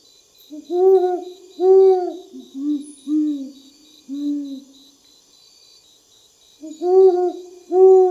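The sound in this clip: Great horned owl giving a series of deep, soft hoots in a rhythmic pattern, pausing, then resuming with a few more hoots, while insects trill steadily in the background.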